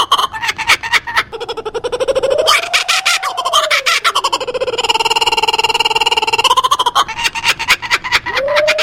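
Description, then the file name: Kookaburra laughing call, fast raucous cackling with rising and falling hoots woven through, a sustained stretch of chattering, then short bursts resume. "kookabura omkicau"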